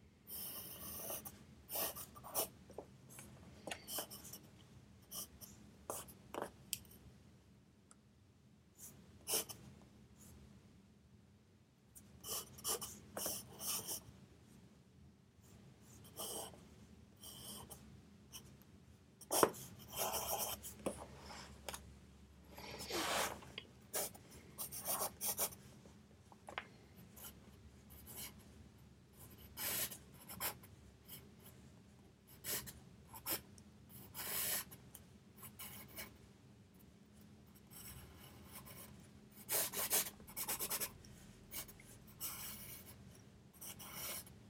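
A pencil scratches and rubs across paper in short, irregular strokes, bursts of writing coming every second or so with brief pauses, a longer lull around ten seconds. Beneath it runs a steady low hum and a soft, even hiss.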